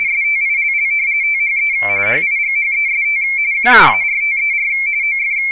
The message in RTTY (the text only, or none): STILL THE HIGHEST QUARTER OF